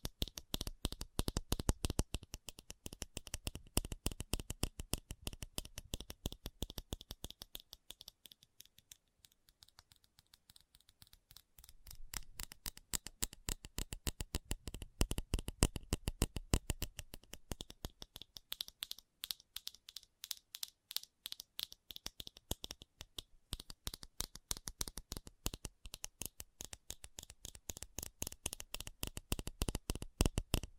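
Fast tapping runs through the whole clip as a dense stream of sharp, bright clicks, much like quick typing or shuffling cards. The pace holds fairly steady but thins and softens briefly around 8–12 and 19–21 seconds before picking back up.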